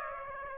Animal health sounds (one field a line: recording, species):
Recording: mosquito wingbeat signal from an infrared sensor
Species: Aedes aegypti